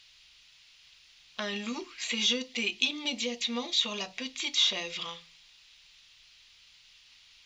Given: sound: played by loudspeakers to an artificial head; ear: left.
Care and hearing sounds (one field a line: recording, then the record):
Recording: speech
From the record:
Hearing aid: class 1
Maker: A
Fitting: closed earmoulds, the maker's default for a moderate loss (N3)